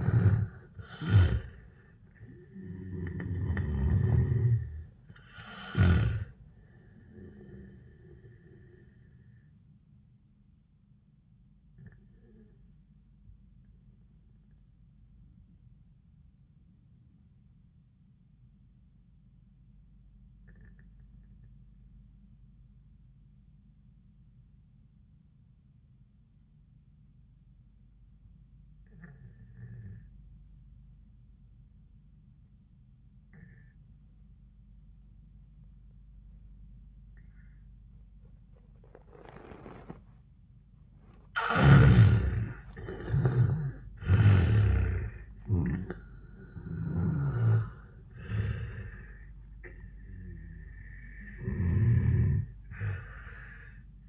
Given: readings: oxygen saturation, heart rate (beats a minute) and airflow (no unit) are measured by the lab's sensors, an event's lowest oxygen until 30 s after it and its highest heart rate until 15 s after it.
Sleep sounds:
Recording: breathing in sleep by a smartphone at the bedside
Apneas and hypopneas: 1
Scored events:
13.00-41.50 s: obstructive apnea (N1, oxygen 98% highest, then 79% lowest, heart rate 90 at the start, 96 highest)
25.00-54.09 s: new sleep stage, N2 (light sleep)
From the record:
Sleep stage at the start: N1 (lightest sleep)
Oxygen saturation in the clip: 78 to 98%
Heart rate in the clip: 75 to 95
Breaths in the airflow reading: 4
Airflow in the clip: -16.8 to 9.1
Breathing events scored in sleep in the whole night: 400 in 8.7 hours asleep

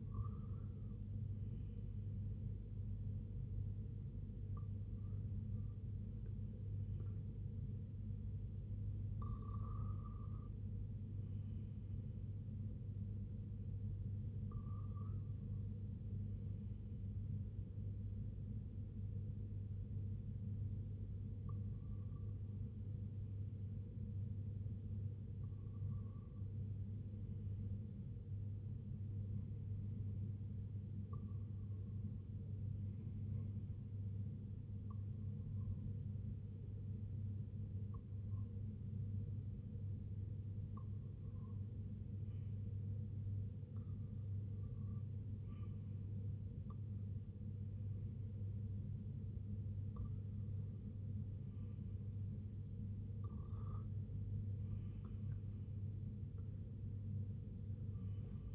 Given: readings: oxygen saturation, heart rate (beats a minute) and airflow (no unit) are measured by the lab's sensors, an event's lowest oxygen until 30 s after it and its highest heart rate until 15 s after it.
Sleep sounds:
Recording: breathing in sleep by a smartphone at the bedside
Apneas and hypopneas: 1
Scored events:
32.00-53.10 s: hypopnea (REM, oxygen 96% highest, then 92% lowest, heart rate 76 at the start, 82 highest)
From the record:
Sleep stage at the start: REM sleep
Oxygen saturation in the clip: 94 to 96%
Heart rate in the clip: 68 to 82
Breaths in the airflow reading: 16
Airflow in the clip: -4.4 to 2.5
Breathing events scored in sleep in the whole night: 258 in 7.4 hours asleep

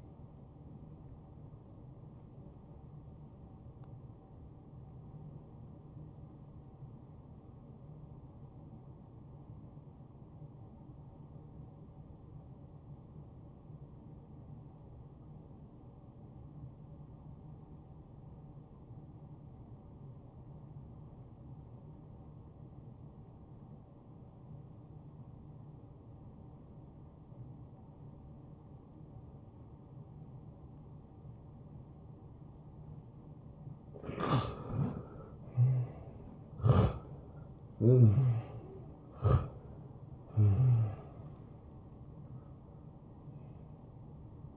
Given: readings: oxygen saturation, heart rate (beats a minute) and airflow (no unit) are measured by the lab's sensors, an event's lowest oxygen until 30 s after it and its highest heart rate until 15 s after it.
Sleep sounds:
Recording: breathing in sleep by a smartphone at the bedside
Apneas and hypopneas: 1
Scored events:
11.00-36.50 s: obstructive apnea (N2, oxygen 90% highest, then 81% lowest, heart rate 70 at the start, 75 highest)
30.00-44.57 s: new sleep stage, N1 (lightest sleep)
From the record:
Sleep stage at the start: N2 (light sleep)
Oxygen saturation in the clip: 82 to 92%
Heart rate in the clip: 56 to 75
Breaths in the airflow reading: 5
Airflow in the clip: -16.5 to 9.2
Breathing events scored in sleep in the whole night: 263 in 5.5 hours asleep

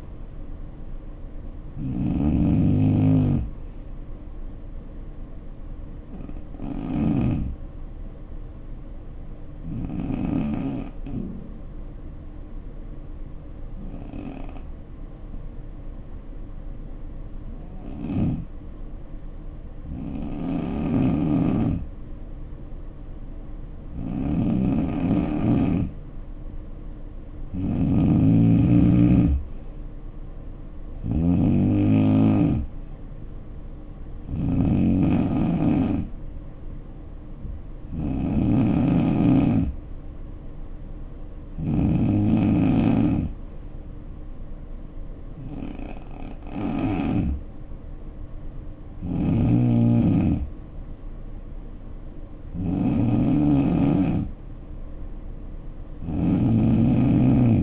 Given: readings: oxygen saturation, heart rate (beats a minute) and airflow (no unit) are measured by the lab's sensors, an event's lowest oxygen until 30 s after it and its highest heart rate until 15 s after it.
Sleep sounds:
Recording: breathing in sleep by a smartphone at the bedside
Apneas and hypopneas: 2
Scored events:
6.00-26.20 s: hypopnea (N2, oxygen 94% highest, then 84% lowest, heart rate 58 at the start, 72 highest)
39.00-51.20 s: hypopnea (N2, oxygen 91% highest, then 89% lowest, heart rate 65 at the start, 69 highest)
From the record:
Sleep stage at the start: N2 (light sleep)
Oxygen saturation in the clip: 84 to 94%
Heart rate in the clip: 57 to 72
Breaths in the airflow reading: 15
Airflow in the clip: -5.3 to 3.6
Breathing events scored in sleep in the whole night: 520 in 7.2 hours asleep

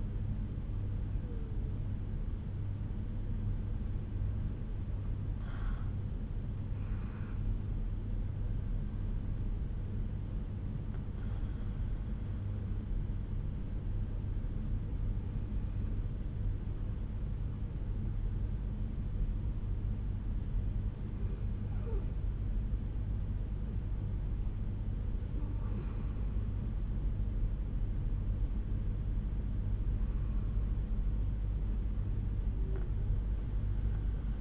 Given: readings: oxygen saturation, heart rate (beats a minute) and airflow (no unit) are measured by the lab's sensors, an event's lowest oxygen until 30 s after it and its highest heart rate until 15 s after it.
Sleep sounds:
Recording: breathing in sleep by a smartphone at the bedside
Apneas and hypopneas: 1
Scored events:
9.00-26.40 s: hypopnea (N2, oxygen 96% highest, then 93% lowest, heart rate 65 at the start, 69 highest)
26.00-34.41 s: new sleep stage, N1 (lightest sleep)
From the record:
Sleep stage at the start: N2 (light sleep)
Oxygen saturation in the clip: 92 to 96%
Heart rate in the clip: 61 to 69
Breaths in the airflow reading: 6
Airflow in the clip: -5.1 to 5.4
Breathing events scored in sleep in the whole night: 368 in 8.0 hours asleep

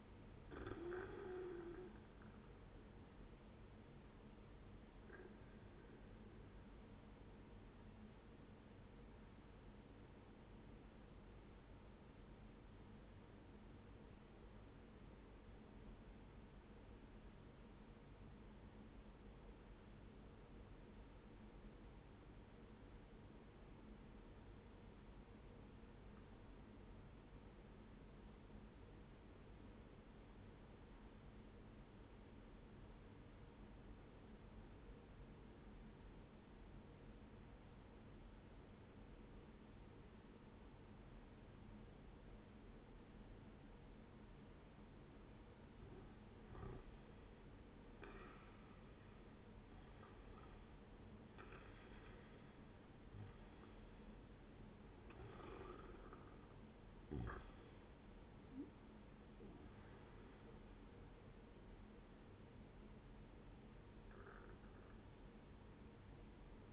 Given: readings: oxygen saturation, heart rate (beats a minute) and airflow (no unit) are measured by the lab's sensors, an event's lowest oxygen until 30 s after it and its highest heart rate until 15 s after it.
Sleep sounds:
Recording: breathing in sleep by a voice recorder at the bedside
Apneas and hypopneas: 1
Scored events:
9.00-66.73 s: new sleep stage, N1 (lightest sleep)
11.00-46.40 s: obstructive apnea (N1, oxygen 97% highest, then 91% lowest, heart rate 65 at the start, 78 highest)
From the record:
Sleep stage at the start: N2 (light sleep)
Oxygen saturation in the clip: 89 to 97%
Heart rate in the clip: 60 to 80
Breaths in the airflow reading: 5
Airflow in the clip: -9.9 to 14.0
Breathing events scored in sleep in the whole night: 131 in 7.2 hours asleep

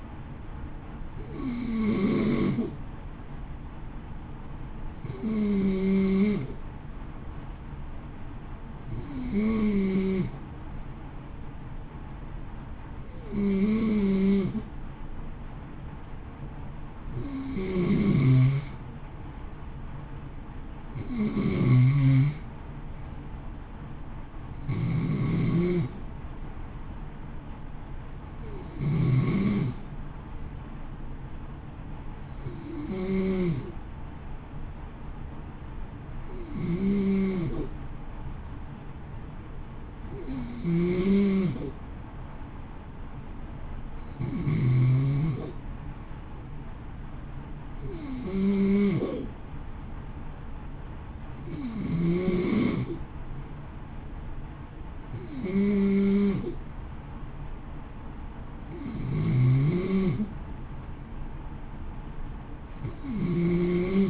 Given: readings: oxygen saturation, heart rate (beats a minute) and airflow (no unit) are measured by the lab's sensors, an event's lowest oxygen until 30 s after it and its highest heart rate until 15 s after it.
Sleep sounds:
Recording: breathing in sleep by a smartphone at the bedside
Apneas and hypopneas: none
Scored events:
none scored
From the record:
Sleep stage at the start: N2 (light sleep)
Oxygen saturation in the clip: 91 to 93%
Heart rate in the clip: 54 to 58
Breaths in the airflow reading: 18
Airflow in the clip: -0.8 to 0.8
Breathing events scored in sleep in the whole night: 328 in 6.3 hours asleep

